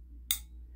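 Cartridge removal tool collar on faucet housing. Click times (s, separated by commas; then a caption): 0.3 s. The collar of an Ace Hardware Moen cartridge removal tool, worked on the faucet housing, slips off with a single sharp metallic clink at 0.3 s over a steady low hum. The collar is released.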